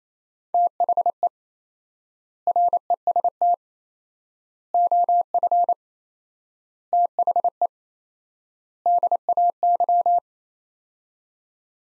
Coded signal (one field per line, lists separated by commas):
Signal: Morse code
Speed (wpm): 28 wpm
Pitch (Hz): 700 Hz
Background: none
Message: THE REST OF THE DAY